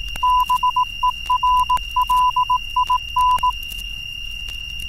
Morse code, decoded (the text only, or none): BERLIN